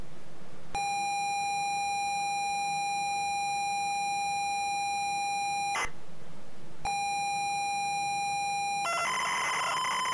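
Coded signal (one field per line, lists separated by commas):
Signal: ZX Spectrum tape loading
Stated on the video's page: Custom-made .TAP file for ZX Spectrum, loaded like the old days.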